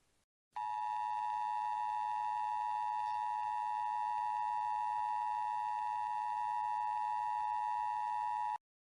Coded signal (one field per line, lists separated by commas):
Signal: Emergency Alert System (SAME) tones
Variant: 853 and 960 Hz attention tone